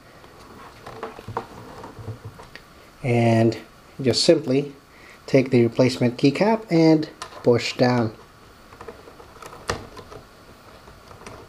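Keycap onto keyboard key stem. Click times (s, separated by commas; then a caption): 9.7 s. A replacement plastic keycap is pushed down onto the key stem of a Roccat Valo Max membrane gaming keyboard while someone talks. Small clicks and taps follow the talk, and the keycap seats with a sharp click at 9.7 s.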